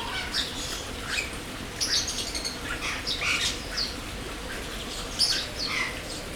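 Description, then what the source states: Birds calling, sparse squawks and sharp high chirps in scattered bursts, with some rustling in the background. Birds in an aviary at Jászberény Zoo, recorded in 2016.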